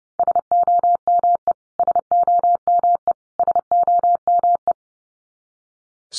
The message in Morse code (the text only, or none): SOME SOME SOME